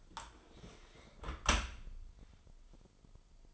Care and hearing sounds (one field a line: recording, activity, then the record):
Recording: daily activity, microphone in the room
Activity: close dishwasher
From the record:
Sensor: 5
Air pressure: 996.0 hPa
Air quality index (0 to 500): 101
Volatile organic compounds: 6 ppm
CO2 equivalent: 1944 ppm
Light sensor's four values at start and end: 42/100/42/44 and 42/99/41/44